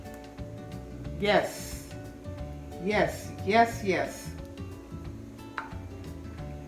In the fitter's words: did you hear that pop